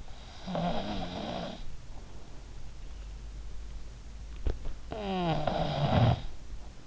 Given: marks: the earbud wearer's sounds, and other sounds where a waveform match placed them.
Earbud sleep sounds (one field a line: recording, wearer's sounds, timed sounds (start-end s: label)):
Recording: sounds in sleep by an in-ear microphone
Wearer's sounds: snoring breath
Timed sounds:
0.01-2.19 s: snoring breath
4.79-6.87 s: snoring breath